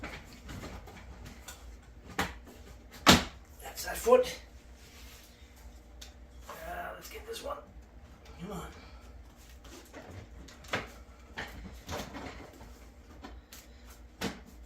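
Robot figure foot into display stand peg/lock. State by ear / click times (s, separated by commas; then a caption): not seated / none. Someone talks while pushing the second foot of a large 44-inch 3D-printed plastic Metroplex transforming robot figure into its printed display stand, fumbling with it as several plastic knocks and taps sound, the loudest near 2.2, 3.1, 4.1, 10.7 and 14.2 seconds. The foot has not seated or locked into the stand yet.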